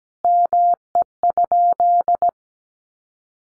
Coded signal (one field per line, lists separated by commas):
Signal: Morse code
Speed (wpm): 17 wpm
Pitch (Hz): 700 Hz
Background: none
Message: ME?